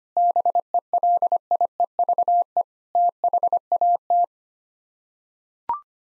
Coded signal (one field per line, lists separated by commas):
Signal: Morse code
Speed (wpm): 25 wpm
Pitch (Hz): 700 Hz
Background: none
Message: BELIEVE THAT